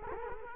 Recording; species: mosquito wingbeat signal from an infrared sensor; Culex quinquefasciatus